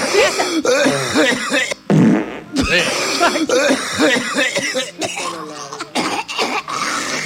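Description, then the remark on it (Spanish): Repeated harsh coughs and throaty clearing sounds come in uneven bursts, with a loud rasping fit in the middle and strained voiced noises filling the gaps between them. “Fíjate, se ríe. Tose y se caga.”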